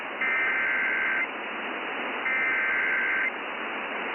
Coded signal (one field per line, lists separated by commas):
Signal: Emergency Alert System (SAME) tones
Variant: header bursts